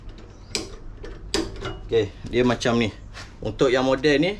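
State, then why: Seated. A plastic circuit breaker is pushed onto the DIN rail inside a KOZUKA single-phase distribution box, giving two sharp clicks at 0.6 s and 1.3 s as it clips into place. Someone talks through the rest of the clip, and the breaker ends up seated on the rail.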